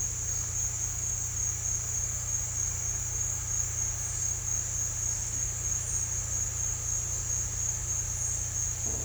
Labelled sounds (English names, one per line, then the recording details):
none
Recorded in dense forest near Puerto Asís, Putumayo, Colombia, on 18 December 2024 at 08:30
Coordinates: 0.467, -76.328
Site GP05